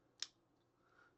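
A hand-made folding knife with a lockback handle is opened, and its steel blade locks open with a short, sharp click at 0.2 s. Faint low hum and quiet room noise follow. The lockback mechanism engages and the blade is locked open.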